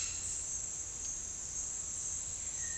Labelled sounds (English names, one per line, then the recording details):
none
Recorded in dense forest near Puerto Asís, Putumayo, Colombia, on 26 December 2024 at 08:00
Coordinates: 0.468, -76.322
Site G071